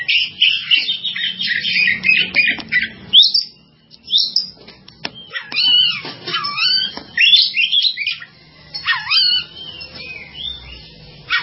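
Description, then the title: Java sparrow song as a busy stream of high twittering and curving chirps, nearly continuous, with a short pause after the opening burst. "kicau gelatik"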